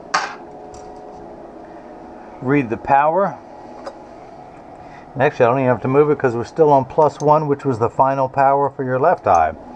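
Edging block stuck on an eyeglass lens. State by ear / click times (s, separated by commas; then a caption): released / 0.1 s. A plastic edging block stuck on a cut Rx anti-glare lens, which has just been snapped into an eyeglass frame, pops off with a single sharp hit at 0.2 s. The hit is followed by a quiet steady hum, and then someone talks.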